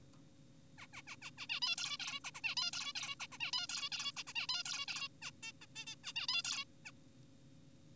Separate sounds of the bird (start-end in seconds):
0.78-0.86, 0.94-1.02, 1.07-1.16, 1.22-1.30, 1.38-1.46, 1.50-1.60, 1.62-1.76, 1.78-1.98, 2.00-2.20, 2.24-2.31, 2.35-2.41, 2.44-2.55, 2.57-2.71, 2.73-2.93, 2.96-3.16, 3.20-3.27, 3.32-3.38, 3.40-3.51, 3.53-3.67, 3.70-3.90, 3.92-4.12, 4.17-4.23, 4.27-4.33, 4.36-4.47, 4.49-4.63, 4.66-4.86, 4.88-5.08, 5.22-5.31, 5.43-5.52, 5.62-5.66, 5.76-5.85, 5.87-5.96, 6.04-6.13, 6.16-6.27, 6.28-6.42, 6.44-6.64, 6.85-6.91